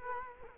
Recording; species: mosquito wingbeat signal from an infrared sensor; Culex quinquefasciatus